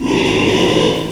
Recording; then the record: squeal of a Yucatan mini pig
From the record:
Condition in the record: after surgery on the right vocal fold (resection and tissue-engineered implant); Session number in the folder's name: 1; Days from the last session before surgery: 6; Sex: male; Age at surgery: 12 weeks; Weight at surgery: 13 kg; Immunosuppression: cyclosporine, prednisolone